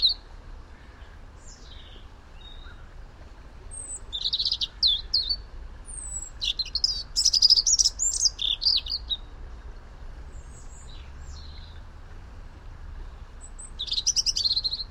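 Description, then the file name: European robin singing: a few faint notes, then a long tumbling phrase of high, thin whistles and trills, then silence and a brief bright burst at the end; low hum throughout. "Erithacus rubecula"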